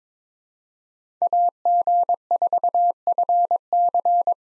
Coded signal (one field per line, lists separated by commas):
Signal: Morse code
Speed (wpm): 26 wpm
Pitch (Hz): 700 Hz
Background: none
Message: AG4FC